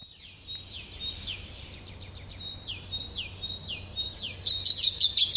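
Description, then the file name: Common chaffinch song, a series of bright descending notes ending in quicker, higher repeated notes, over a faint low hum. "Fringilla coelebs"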